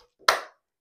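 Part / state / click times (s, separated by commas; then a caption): glucose sensor into its insertion device / seated / 0.3 s. A Medtronic Guardian glucose sensor sitting in its plastic pedestal is loaded into its inserter by pressing the inserter firmly down over it. After a faint soft sound at the start, a single sharp, loud click rings out at 0.3 s and decays within about a quarter second. The sensor locks into the inserter, which sits flat with the surface.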